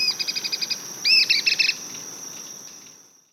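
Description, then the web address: Cliff flycatcher calling, a quick series of about eight clipped high notes, then a louder burst of arched, ringing notes, with an insect hum behind. Ecuador. "Natures Songs S America Birds of Ecuador Cliff Flycatcher"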